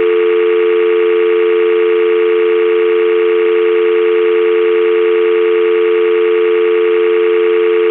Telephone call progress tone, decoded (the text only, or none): dial tone